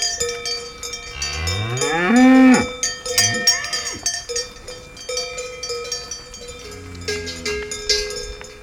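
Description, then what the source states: Cow mooing: a long, deep, rising low that swells loud, then shorter quieter moos, with cowbells clanking and ringing throughout. Cows in a bucolic forest near Ruhpolding, Germany, recorded 17 December 2007.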